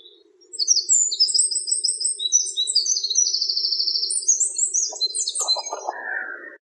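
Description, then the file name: Eurasian wren delivering one long, shrill song of fast trills and rattles, with a lower harsh rustling sound toward the end; soft hum throughout. "krapivnik"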